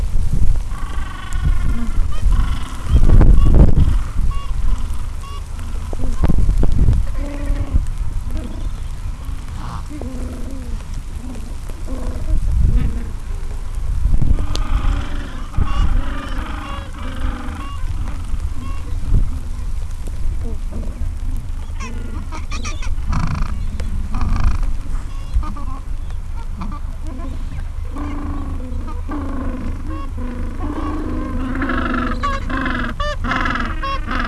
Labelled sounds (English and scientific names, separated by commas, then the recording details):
Gentoo Penguin (Pygoscelis papua)
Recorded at the colony at Gold Harbour, on 26 December 2014
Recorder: Song Meter SM2+